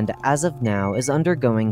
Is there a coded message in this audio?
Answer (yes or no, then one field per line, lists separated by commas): no